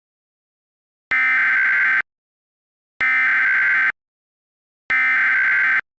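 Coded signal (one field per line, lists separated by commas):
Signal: Emergency Alert System (SAME) tones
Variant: header bursts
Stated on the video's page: Fictional analog-horror EAS scenario about a sudden unnatural temperature drop, with audio made in Audacity and Balabolka.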